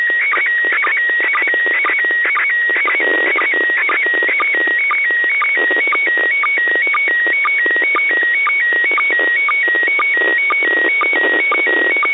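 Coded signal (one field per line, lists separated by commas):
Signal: SSTV (slow-scan television)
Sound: warbling tones switching between two pitches, with a short low blip twice a second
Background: radio static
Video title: [International Space Station] Receiving & Decoding an SSTV Image (June 2021 Event); 10. June 2021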